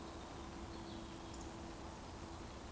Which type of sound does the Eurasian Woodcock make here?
whistle